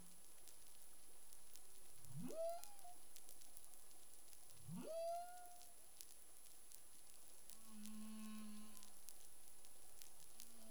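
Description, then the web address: Humpback whale vocalizing: two sharp upswept cries flattening into short tones, then a low moan with faint higher harmonics, against background water noise. Caribbean, 25 February 2021 at 11:35 UTC. "CARIMAM. humpback whale 20210225 113528 UTC"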